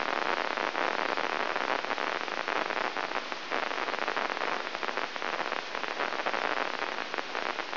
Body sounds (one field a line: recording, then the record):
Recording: brain microelectrode recording played as sound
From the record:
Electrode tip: inside the subthalamic nucleus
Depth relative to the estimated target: -3 mm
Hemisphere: left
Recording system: AlphaMap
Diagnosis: Parkinson's disease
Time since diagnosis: 12 years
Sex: female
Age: 56 years